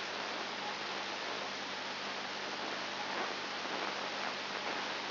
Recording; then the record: brain microelectrode recording played as sound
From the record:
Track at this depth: inside the subthalamic nucleus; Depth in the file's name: 5.101 mm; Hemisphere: left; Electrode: 2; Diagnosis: Parkinson's disease